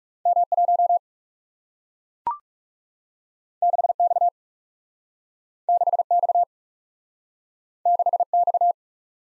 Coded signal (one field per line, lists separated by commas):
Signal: Morse code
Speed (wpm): 40 wpm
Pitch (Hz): 700 Hz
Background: none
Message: M 1 6 X 6 X 6 X